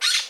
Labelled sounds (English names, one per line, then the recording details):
Brown-throated Parakeet contact call
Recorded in Margarita
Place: Rd. to Arenera, R. El Muco
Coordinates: 10.983, -64.362